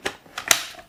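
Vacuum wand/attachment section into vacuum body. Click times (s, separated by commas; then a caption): 0.5 s. A second plastic wand or tool section of a Dyson V7 Motorhead cordless vacuum is pushed onto the vacuum body. Two smaller taps come at 0.1 and 0.4 seconds, then a sharp click at 0.5 seconds as it latches. The section is locked into place.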